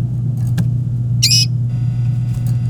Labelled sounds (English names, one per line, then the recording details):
Domestic Canary song
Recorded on 24 April 2018 at 18:28
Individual llb3